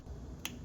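A new spark plug with a crush washer is tightened into the cylinder head of a Screamin' Eagle FatBoy motorcycle with a click-type torque wrench set to 165 in-lb, used as the safe way since the washer's tighter-then-looser feel can seem like stripped threads. Over a low, steady background rumble, a single sharp snap of the wrench clicking at its setting is heard at 0.5 seconds. The plug reaches its set torque.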